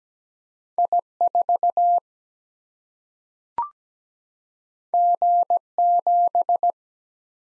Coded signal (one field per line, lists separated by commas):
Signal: Morse code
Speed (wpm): 17 wpm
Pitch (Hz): 700 Hz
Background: none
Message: I 4 G 7